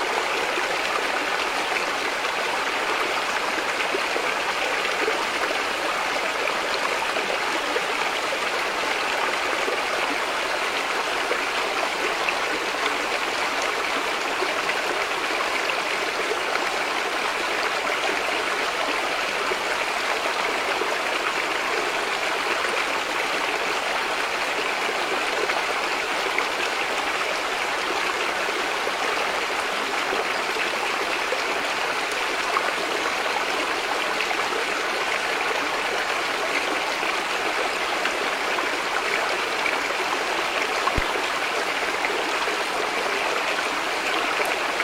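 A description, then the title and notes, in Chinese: A natural outdoor scene of steadily rushing water, like a stream, runs without pause for the whole stretch. The flow is dense and even, with a bright, hissing sheen and little low rumble. A single faint click comes near the end. 自然音。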